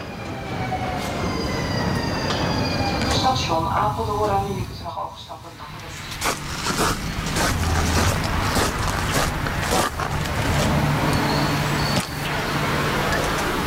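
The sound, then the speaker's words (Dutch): Steady rumble of a moving passenger train bound for Apeldoorn station, with rattling carriage noise and clanks, a high whine sliding in pitch early on, and a voice briefly audible over the continuous rolling din. “Daarom stapte ik met een DNA-test op zak de trein in naar mijn ouders.”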